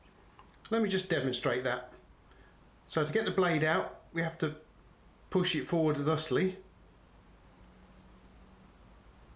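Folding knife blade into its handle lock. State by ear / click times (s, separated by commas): not seated / none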